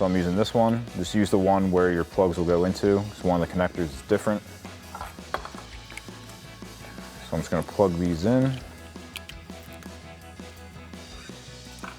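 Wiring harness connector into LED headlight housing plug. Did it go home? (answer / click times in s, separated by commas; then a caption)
no / none. Someone talks over background music while handling the halogen version of the plastic wiring harness connector from a Morimoto XB Evo aftermarket LED headlight kit for a 2009-2014 F-150, working it toward the matching plug on the back of the headlight. Small sharp plastic ticks and handling noises come through around 5.0–6.0 s and again from 9.2 s to the end. Nothing has seated or clicked yet.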